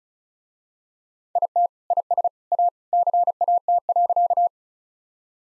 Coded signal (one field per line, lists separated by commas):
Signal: Morse code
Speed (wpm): 34 wpm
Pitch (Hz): 700 Hz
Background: none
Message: IT IS A CAT.